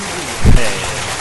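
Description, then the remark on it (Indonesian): Steady crackling audience applause at the close of the Loudspeaker program fills the whole short moment, a dense patter of many hands clapping, with a brief low thump partway through. “Mana tepuk tangannya? Nah, ini dia tepuk tangan ya.”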